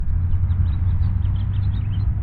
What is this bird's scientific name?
Haemorhous mexicanus